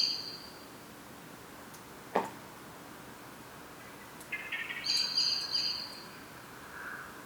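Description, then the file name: Common blackbird uttering a brief high note, then a sharp click, followed by a rasping lower phrase leading into a thin, high, pulsing burst; faint hiss throughout. "Turdus merula"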